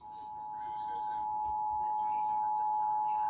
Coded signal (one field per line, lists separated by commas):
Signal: Emergency Alert System (SAME) tones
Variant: 853 and 960 Hz attention tone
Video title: Emergency Alert System - Required Monthly Test - January 7, 2026 - Buffalo, NY